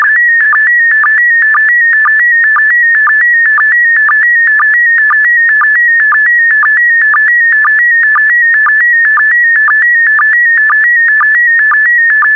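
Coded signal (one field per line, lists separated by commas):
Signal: SSTV (slow-scan television)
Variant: PD120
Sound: warbling electronic tone shifting between pitches, with short low blips twice per second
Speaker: complete. You can now check your decoded image against the picture that is shown on the video.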